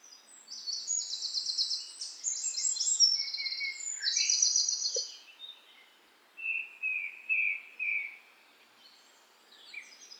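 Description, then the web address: Bird song of high, buzzy, ringing trills, followed by lower slurred notes, over a faint steady hiss. "voices-of-nature birds nature-sound"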